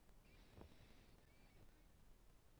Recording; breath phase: one breath near a microphone; inhalation